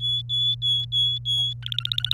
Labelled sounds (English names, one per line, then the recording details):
Domestic Canary song
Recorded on 27 April 2018 at 10:53
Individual llb3